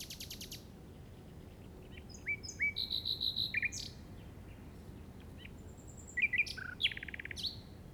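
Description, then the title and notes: Common nightingale song with rapid trills and chips, a bubbling run of notes, a pause, then further sharp phrases and a fast trill. Recorded in the Llobregat Delta at 06:00 on 8 May 2015 with a Zoom recorder. "Grabación de ruiseñor común (Luscinia megarhynchos) en el Delta del Llobregat a las 06:00 del 08/05/2015."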